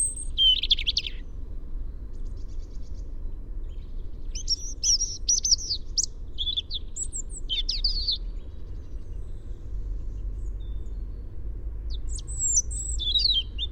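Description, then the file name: European robin song: high, thin warbled phrases with quick trills and sliding notes, delivered in short bursts separated by pauses, over a low steady rumble. "Erithacus rubecula"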